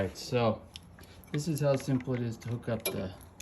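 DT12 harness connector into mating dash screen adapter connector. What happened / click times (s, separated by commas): The connector is being handled but has not clicked home yet / none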